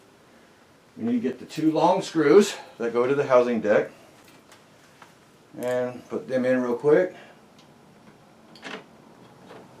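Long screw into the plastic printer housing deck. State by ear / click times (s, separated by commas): not seated / none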